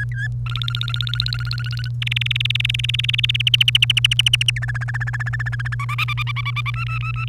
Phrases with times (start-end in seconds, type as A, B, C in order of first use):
0.00-0.28 A, 0.46-1.89 B, 2.02-3.42 C, 3.47-4.50 D, 4.56-5.75 E, 5.79-6.70 F, 6.74-7.28 G